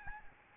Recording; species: mosquito wingbeat signal from an infrared sensor; Aedes albopictus